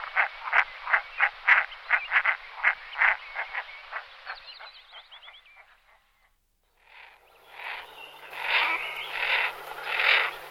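Merganser croaking calls, a quick run of short rough notes that fades out, a brief silence, then a few drawn-out rasping bursts.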